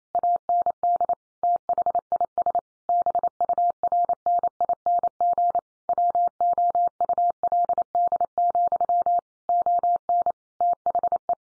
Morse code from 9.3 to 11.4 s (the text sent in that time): ON THE